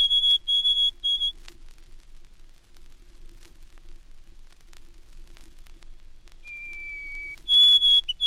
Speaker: A summer neighbor of the hermit and olive-backed thrushes is the white-throated sparrow. It can be heard also on migration in the south.